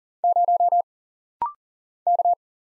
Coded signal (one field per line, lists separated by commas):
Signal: Morse code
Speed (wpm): 39 wpm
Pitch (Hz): 700 Hz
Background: none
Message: 0 K